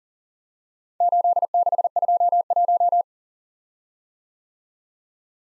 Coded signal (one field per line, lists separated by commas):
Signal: Morse code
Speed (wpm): 40 wpm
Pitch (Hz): 700 Hz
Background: none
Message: 8621